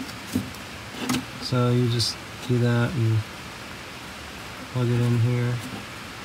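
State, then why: Not seated. A plastic electrical connector is being handled at the transfer case actuator motor of a BMW during a transfer case worm gear replacement, about to be plugged in. Someone talks over faint handling noise and a brief sharp tap near 1.1 s. Nothing has seated or clicked yet.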